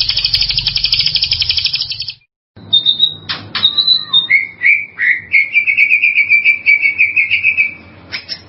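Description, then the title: White-rumped shama song: a rapid high trill, a short break, then clear whistled notes stepping down into a long steady pulsing trill. "murai batu"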